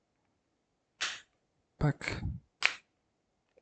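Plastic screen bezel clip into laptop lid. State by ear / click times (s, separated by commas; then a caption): seated / 2.7 s. A plastic clip on the screen bezel of an HP 15S EQ2047NB 15-inch Ryzen 7 laptop is pushed back into the lid during a screen replacement. A short broadband burst comes at 1.0 s, then someone talks briefly, and the clip snaps home with a sharp snap at 2.6 s, seating the bezel clip.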